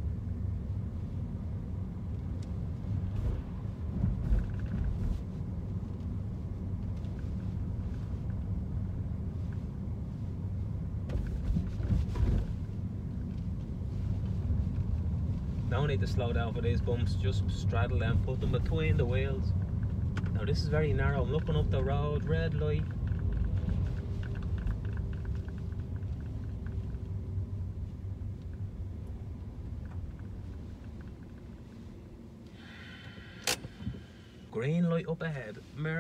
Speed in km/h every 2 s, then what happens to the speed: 28, 31, 31, 29, 28, 27, 27, 29, 28, 27, 25, 20, 16, 13, 9, 2, 0, 0.
0-19 steady at about 28. 19-30 slows to 2. 30-36 standing.